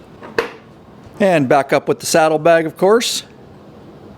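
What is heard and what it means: A plastic side cover on a Harley motorcycle is pushed back on over the fuse box and snaps onto its rubber grommets with one sharp click at 0.4 s, seating it in place. Afterward, someone talks.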